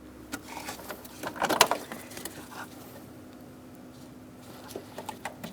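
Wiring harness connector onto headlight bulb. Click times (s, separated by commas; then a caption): 1.6 s. An electrical wiring harness connector is lined up and pressed onto the base of a high beam headlight bulb on a 2008-2016 Chrysler Town & Country. Soft handling and rustling build into a brief burst of scraping, with a sharp click at 1.6 s as the connector seats. A few faint taps follow near the end.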